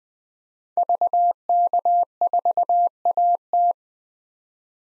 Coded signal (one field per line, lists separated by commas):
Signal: Morse code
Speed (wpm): 20 wpm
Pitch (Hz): 700 Hz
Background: none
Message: VK4AT